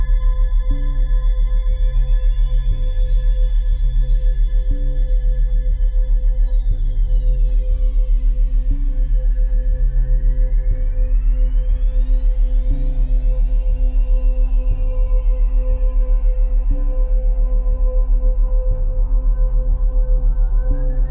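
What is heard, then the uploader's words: A deep, steady 33 Hz vibration hums underneath throughout, with a droning low layer that shifts pitch every couple of seconds. Above it, thin whistling tones slowly glide up and down in long, sonar-like sweeps, alongside faint constant high notes. Activate superconsciousness 8190 Hz powerful lifting energy frequency vibration 33 Hz.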